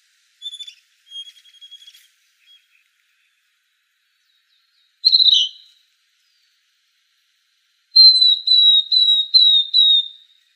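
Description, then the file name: Northern beardless-tyrannulet calls: a few thin high whistles, a brief burst, then a descending series of five clear piping notes, evenly spaced. Recorded in Arizona on 2 May 2004. "NBTY 4 B deviche"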